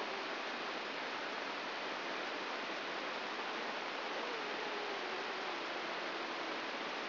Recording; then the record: brain microelectrode recording played as sound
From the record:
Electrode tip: inside the subthalamic nucleus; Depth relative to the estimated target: 5 mm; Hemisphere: right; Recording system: AlphaMap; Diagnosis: Parkinson's disease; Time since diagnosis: 15 years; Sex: female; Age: 68 years